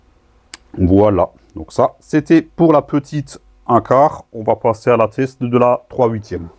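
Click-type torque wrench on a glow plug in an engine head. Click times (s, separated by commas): 0.5 s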